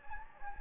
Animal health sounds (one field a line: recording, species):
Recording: mosquito wingbeat signal from an infrared sensor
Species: Anopheles gambiae